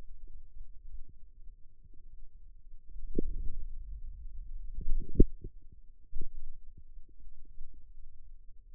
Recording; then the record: forearm muscle sounds (acoustic myography)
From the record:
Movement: wrist flexion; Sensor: system 2, bracelet of six BSWA MPA416 microphones around the upper forearm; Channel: 1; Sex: male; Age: 22 years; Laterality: right